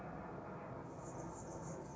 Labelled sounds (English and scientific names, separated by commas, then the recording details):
Anna's Hummingbird (Calypte anna)
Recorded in Sonoma County, California